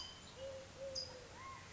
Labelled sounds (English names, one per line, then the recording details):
Eurasian Collared Dove
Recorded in Sonoma County, California